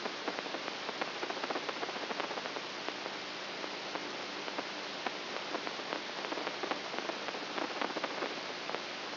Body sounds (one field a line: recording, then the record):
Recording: brain microelectrode recording played as sound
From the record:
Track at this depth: outside the subthalamic nucleus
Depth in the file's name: 15 mm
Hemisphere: right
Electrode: 3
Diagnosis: Parkinson's disease